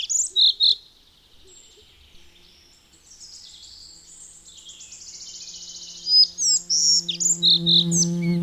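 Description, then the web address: Collared flycatcher song: a few high squeaky notes, a long buzzy high trill, then more varied chirps over a low steady hum. "Madardalok. Örvös légykapó"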